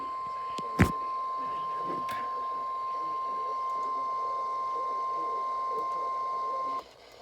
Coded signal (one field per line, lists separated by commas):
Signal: Emergency Alert System (SAME) tones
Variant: 1050 Hz attention tone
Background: speech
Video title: EAS Completion #26 EAS Alerts From June 9 2026 EAS 737-754